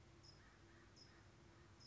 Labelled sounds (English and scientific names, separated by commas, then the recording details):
California Towhee (Melozone crissalis)
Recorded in Sonoma County, California